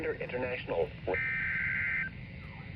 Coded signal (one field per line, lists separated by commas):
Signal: Emergency Alert System (SAME) tones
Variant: header bursts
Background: speech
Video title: WHEN RUSKIN TAKES FOREVER TO TOR - EAS Alerts from Mid June 2025 (EAS #582 - 597)